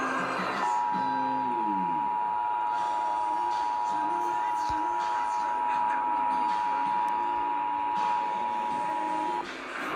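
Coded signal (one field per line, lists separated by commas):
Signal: Emergency Alert System (SAME) tones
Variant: 853 and 960 Hz attention tone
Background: speech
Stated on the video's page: EAS Required Monthly Test.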